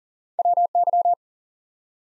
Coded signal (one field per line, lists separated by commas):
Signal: Morse code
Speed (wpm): 40 wpm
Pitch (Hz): 700 Hz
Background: none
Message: WY